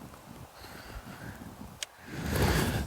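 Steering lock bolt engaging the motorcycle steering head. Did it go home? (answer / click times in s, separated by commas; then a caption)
yes / 1.8 s. With the handlebars of a new 2022 KTM 1290 Super Adventure S held at full left lock and the race on (ignition) button held down, the steering lock bolt engages the steering head with a short, sharp click at 1.8 s. Low, steady background noise runs beneath it, swelling into louder broadband noise from about 2.3 s. The steering lock is then on.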